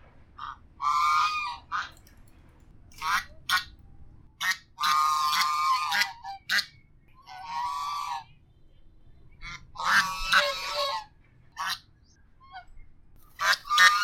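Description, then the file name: Goose honks mixed with short, clipped calls in irregular bursts, some harsh and drawn out, others quick and choppy, with quiet stretches between them. "Con Ngong Va Con Vit"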